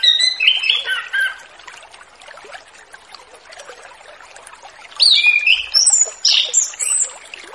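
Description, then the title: Orange-headed thrush singing in two bursts of varied, clear whistled phrases separated by a long quiet pause, with a soft hiss in the background. Relaxed, open 'ngeplong' song style, used as a lure for a young orange-headed thrush just past its spotted juvenile stage. "Anis Kembang Ngeplong Santai , Untuk Pancingan Anis Kembang Lepas Trotol"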